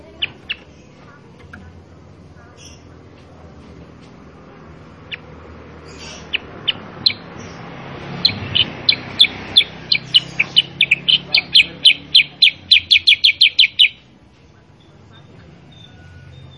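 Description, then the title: Sooty-headed bulbul song: sparse chirps at first, then a sustained, accelerating volley of crisp, high chirps ending abruptly, over steady low background noise. Masteran training song for cage birds, energetic gacor singing, played to get other kutilang sutra to answer and copy it. "Masteran Kutilang Sutra. Kutilang Sutra mana YANG GAK NYAUT dan IKUT BUNYI GACOR dengan suara Kutilang Sutra Super GACOR Ini"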